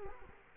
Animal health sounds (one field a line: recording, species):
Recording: mosquito wingbeat signal from an infrared sensor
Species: Culex quinquefasciatus